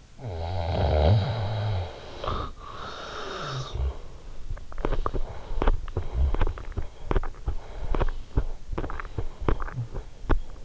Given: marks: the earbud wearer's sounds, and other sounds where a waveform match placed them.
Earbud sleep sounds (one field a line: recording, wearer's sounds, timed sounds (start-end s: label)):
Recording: sounds in sleep by an in-ear microphone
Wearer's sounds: snoring breath, teeth grinding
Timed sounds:
0.00-4.37 s: snoring breath
4.63-10.65 s: teeth grinding